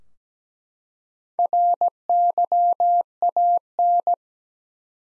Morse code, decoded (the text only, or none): RYAN